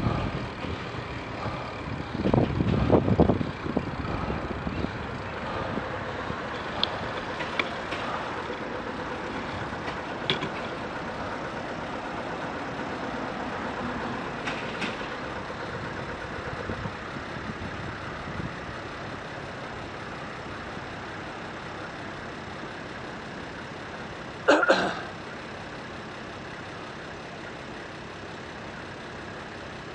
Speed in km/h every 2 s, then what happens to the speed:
11, 9, 2, 1, 0, 0, 0, 0, 0, 0, 0, 0, 0, 0, 2.
0-5 slows to 1. 5-28 standing.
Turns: none.